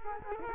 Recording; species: mosquito wingbeat signal from an infrared sensor; Culex quinquefasciatus